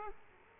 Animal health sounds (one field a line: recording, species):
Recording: mosquito wingbeat signal from an infrared sensor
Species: Aedes aegypti